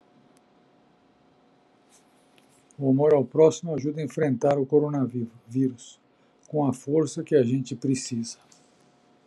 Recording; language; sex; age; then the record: spoken sentence; Brazilian Portuguese; male; 50 to 59 years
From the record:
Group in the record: control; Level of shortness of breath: 0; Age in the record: 58 years